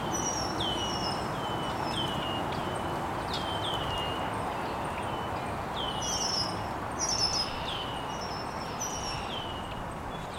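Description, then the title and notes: Birds chirping, scattered high downward-slurred notes and brief trills from several birds, against a constant background hiss. Birds chirping very early in the morning in an estuary. "Birds Chirping in the Early Morning. Original sounds of birds chirping very early in the morning in an estuary"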